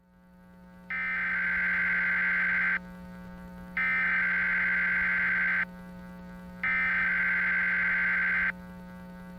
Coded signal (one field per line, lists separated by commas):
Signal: Emergency Alert System (SAME) tones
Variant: header bursts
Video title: Northeast Nightmare: An EAS/NWS Scenario (Read Desc.)